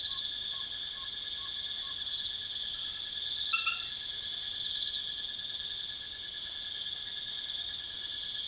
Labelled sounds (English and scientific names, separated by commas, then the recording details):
none
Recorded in pastures near Puerto Asís, Putumayo, Colombia, on 25 June 2025 at 21:30
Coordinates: 0.502, -76.324
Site G010